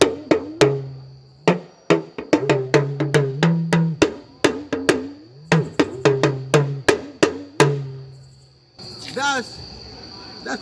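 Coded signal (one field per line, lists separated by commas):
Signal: talking drum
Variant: Yoruba dùndún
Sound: rapid drum strokes with low pitch that rises and falls like speech phrases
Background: brief rustling noise at end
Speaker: That's what we call talking drum, oriki.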